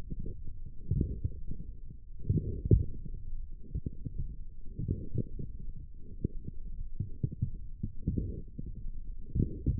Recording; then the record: forearm muscle sounds (acoustic myography)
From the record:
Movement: forearm supination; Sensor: system 1, eight BSWA MPA416 microphones around the upper forearm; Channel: 7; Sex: male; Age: 21 years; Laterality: right